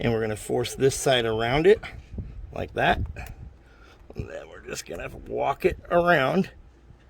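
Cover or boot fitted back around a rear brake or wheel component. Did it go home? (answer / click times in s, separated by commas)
no / none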